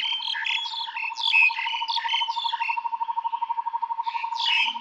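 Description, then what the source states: Birds chirping in harsh, scratchy bursts over a steady rapid pulsing trill that runs through most. Calm forest atmosphere.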